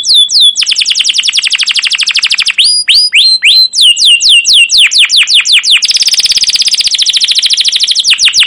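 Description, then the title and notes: Canary song: rapid trills of bright repeated notes, shifting into slower down-slurred whistles and back into a fast buzzy rattle, sustained throughout. Caged canary song used as a lure and tutor to teach young canaries, described as long, continuous and energetic chirping. "CUIT CUIT NGEROL LANGSUNG GACOR PANJANG Kenari Ini AMPUH Utk Pancingan KENAR. PANCINGAN Kenari GACOR PANJANG Cuit CUIT EMOSI ini AMPUH utk MASTERAN Kenari PAUD belajar BUNYI. burung kenari"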